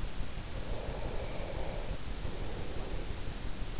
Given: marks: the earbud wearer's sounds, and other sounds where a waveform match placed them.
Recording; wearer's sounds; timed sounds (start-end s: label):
sounds in sleep by an in-ear microphone; breath
0.51-3.19 s: breath